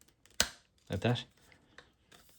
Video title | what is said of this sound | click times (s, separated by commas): How to correctly install a refill onto a bambulab reusable spool | Like that. That's it, locked in position. | 0.4 s